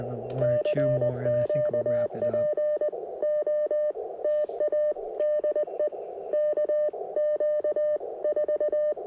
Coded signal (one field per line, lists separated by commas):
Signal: Morse code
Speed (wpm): 20 wpm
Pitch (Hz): 600 Hz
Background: speech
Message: CQ POTA DE KQ4